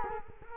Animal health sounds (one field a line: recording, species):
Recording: mosquito wingbeat signal from an infrared sensor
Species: Culex quinquefasciatus